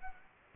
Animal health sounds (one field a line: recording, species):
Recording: mosquito wingbeat signal from an infrared sensor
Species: Aedes aegypti